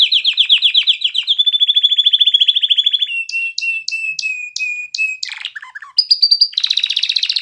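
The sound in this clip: Canary song opens with a fast high trill, moves to repeated lower pulsed notes, drops in a quick twisting flourish, then ends with bright buzzy rolls.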